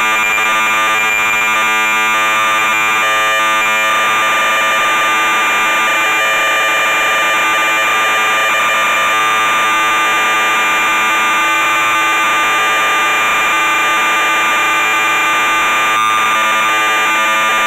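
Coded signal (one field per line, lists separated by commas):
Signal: computer data on cassette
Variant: MSX tape format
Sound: continuous harsh warbling buzz of data tones, brief steady pitch before data resumes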